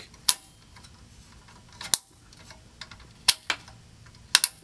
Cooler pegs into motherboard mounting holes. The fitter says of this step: all you have to do is push down on opposite corners to ensure even pressure you'll hear an audible click